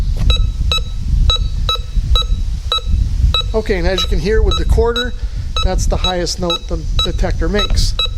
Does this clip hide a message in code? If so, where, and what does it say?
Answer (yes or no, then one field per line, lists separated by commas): no